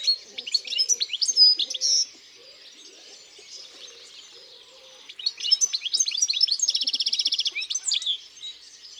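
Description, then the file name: European goldfinch song: rapid liquid twittering phrases, a pause, then more twittering including a fast buzzy trill, with soft low sounds beneath. Singing in the countryside. "Chardonneret elegant Chants doiseaux dans la campagne"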